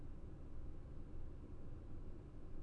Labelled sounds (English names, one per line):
none